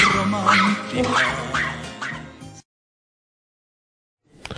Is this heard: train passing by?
no